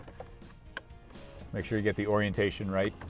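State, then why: Seated. A plastic hazard switch on an ND MX-5 Miata is pushed into its dashboard panel opening, and one sharp click at 0.8 s marks it snapping into place, fully seated. A faint tick comes just before at 0.2 s, and from about 1.5 s someone talks.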